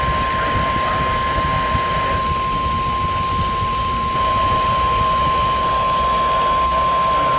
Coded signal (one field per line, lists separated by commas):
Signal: Emergency Alert System (SAME) tones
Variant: 1050 Hz attention tone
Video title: PURE MAYHEM 4: Part 3 | EAS Alerts from 7/17/24 | EAS#1,014-1,050